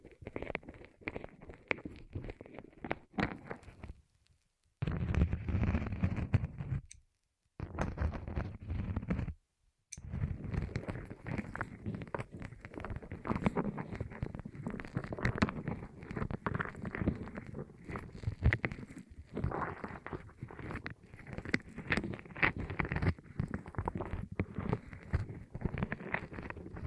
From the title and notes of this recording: ASMR Rolling On Your Ears (No Talking).